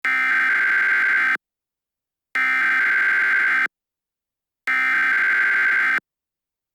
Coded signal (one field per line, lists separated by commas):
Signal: Emergency Alert System (SAME) tones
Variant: header bursts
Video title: EAS Unknown Hostile Senario